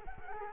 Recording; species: mosquito wingbeat signal from an infrared sensor; Culex quinquefasciatus